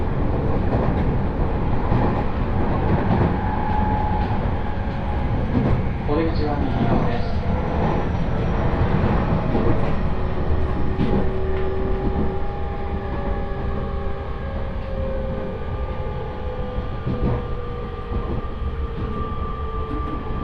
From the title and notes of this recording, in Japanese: 鉄道旅 常磐線 南中郷→勝田。